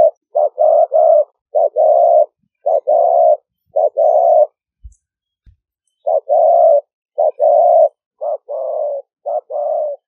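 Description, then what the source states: Spotted dove cooing in rapid series of short and longer coos, a brief pause midway with low knocks, then the series resumes. Vietnamese cooing style called "5 hậu".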